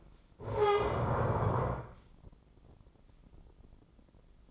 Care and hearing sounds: daily activity, microphone in the room; stand up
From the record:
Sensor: 5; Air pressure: 996.1 hPa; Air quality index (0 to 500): 245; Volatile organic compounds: 472 ppm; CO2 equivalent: 4782 ppm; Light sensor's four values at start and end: 163/389/165/180 and 162/389/164/180

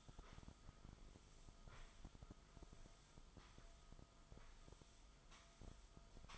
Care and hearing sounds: daily activity, microphone in the room; sweep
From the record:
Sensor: 5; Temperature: 24.0 degrees Celsius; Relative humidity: 36.6%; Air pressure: 1004.8 hPa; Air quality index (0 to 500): 95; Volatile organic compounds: 2 ppm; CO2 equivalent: 1146 ppm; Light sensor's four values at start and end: 33/78/31/30 and 33/77/31/29

